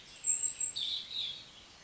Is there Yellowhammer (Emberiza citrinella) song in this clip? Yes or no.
no